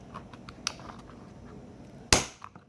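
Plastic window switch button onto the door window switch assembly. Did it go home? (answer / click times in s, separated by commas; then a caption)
yes / 0.7 s, 2.1 s. Plastic window switch buttons are pressed back onto the repaired window switch assembly of a Dodge Ram pickup door panel. A sharp plastic snap at 0.7 s is followed by a louder, crisp snap at 2.1 s among a few faint ticks. The button seats onto the switch.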